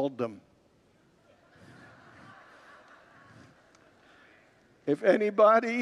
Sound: congregants laugh